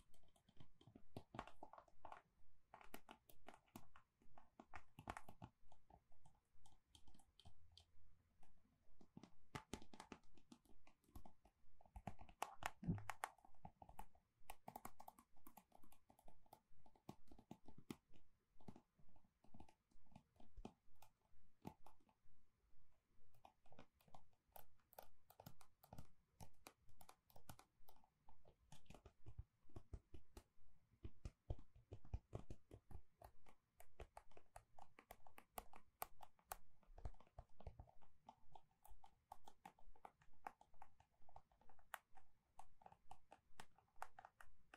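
Gentle tapping continues throughout, a dense, irregular patter of soft quick taps and clicks with a faint low murmur beneath.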